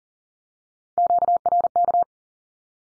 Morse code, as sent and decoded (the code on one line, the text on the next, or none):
--.- .-. -.-
QRK